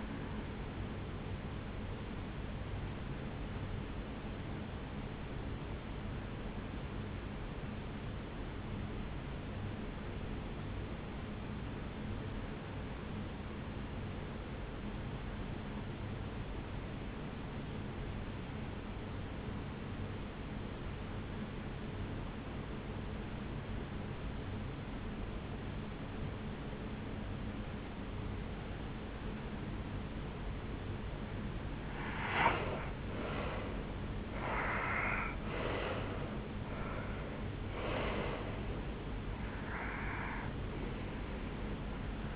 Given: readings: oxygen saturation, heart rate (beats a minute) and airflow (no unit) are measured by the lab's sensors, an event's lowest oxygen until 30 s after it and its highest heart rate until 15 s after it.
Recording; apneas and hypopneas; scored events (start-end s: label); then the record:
breathing in sleep by a voice recorder at the bedside; 1
5.00-37.40 s: hypopnea (N1, oxygen 95% highest, then 84% lowest, heart rate 53 at the start, 73 highest)
From the record:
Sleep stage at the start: N1 (lightest sleep); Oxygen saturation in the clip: 83 to 95%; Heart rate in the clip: 52 to 73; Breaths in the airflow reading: 9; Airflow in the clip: -11.0 to 6.3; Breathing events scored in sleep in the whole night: 449 in 7.0 hours asleep